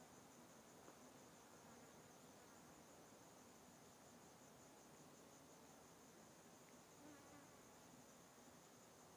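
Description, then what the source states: Crickets calling in a steady, high trill that runs throughout over background hiss. Insects and crickets in a deforested area.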